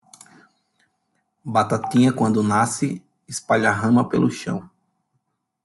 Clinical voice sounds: short text; Brazilian Portuguese; male; 30 to 39 years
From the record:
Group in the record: control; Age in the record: 33 years

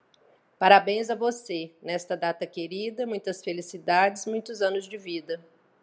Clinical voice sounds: short text; Brazilian Portuguese; female; 50 to 59 years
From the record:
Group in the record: control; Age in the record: 52 years

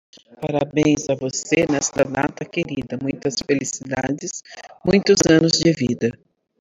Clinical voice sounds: short text; Brazilian Portuguese; female; 40 to 49 years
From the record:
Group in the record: control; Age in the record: 47 years

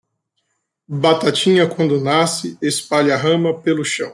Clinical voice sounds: short text; Brazilian Portuguese; male; 40 to 49 years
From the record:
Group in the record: control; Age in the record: 40 years

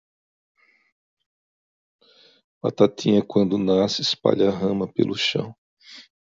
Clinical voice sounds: short text; Brazilian Portuguese; male; 50 to 59 years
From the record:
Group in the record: control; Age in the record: 56 years

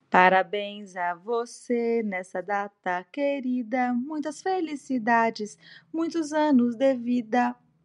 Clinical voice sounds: short text; Brazilian Portuguese; female; 40 to 49 years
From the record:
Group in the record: control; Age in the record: 41 years

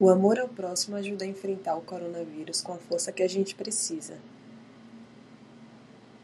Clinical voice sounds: spoken sentence; Brazilian Portuguese; female; 30 to 39 years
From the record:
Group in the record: control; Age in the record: 30 years

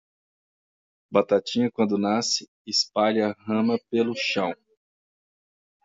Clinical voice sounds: short text; Brazilian Portuguese; male; 40 to 49 years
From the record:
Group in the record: control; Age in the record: 44 years

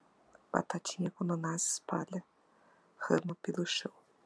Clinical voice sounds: short text; Brazilian Portuguese; female; 40 to 49 years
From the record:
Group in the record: control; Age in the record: 40 years

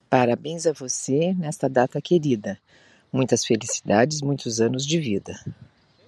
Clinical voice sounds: short text; Brazilian Portuguese; female; 50 to 59 years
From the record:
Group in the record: control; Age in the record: 53 years

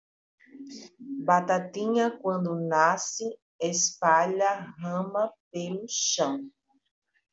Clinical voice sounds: short text; Brazilian Portuguese; female; 40 to 49 years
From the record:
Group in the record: control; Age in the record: 44 years

